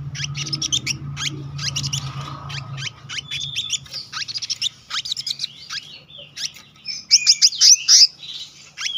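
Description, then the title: Selendang biru song of quick high chirps and whistled notes in a rolling series, louder toward the end, with a low hum early on. Continuous rolling song style called gacor ngeroll, with isian. "BURUNG SELENDANG BIRU GACOR NGEROLL ISIAN"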